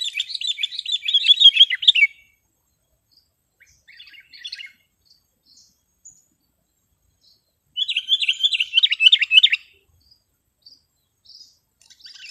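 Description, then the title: Sooty-headed bulbul song in two bursts of quick chattering notes, each about two seconds long, with near silence and a few faint notes between them. "kutilang"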